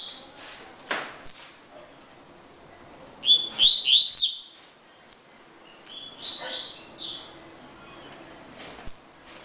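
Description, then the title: Double-collared seedeater singing short bursts of high, sweet slurred notes, separated by pauses, with a few sharp clicks between phrases. "Canto Coleiro"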